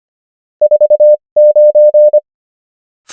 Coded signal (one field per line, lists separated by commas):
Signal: Morse code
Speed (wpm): 25 wpm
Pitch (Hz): 600 Hz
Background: none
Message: 4 9